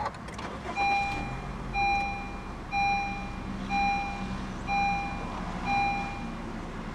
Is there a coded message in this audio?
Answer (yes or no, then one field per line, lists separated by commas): no